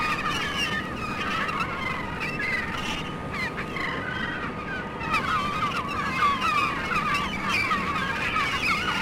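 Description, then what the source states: Gulls calling, many overlapping squealing cries rising and falling, against constant engine rumble and mechanical noise. Recorded on the Staten Island Ferry.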